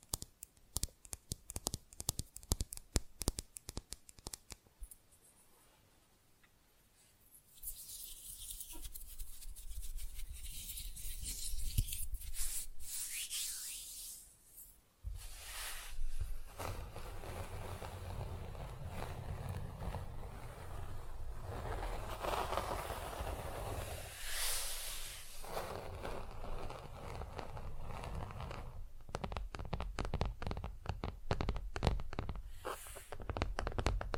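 Fast, rough nail filing with tapping. The first seven seconds are quick, sharp taps in a rapid irregular patter. Dense, hissing scraping strokes follow, harsh and bright, with a short pause near fifteen seconds before the scraping resumes steadily until the end.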